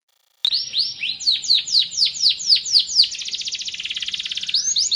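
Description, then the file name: Canary song: a run of bright downslurred whistles about four per second, then a fast buzzy trill, returning to sweeping notes at the end. Canary of the Sekar Jagad variety. "kenari sekar jagad"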